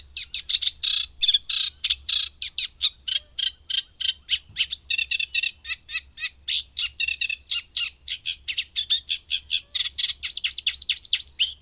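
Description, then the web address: Eurasian reed warbler song, a steady chattering run of harsh, scratchy notes. "agykontroll Madardalok Cd 3. Cserregő nádiposzáta"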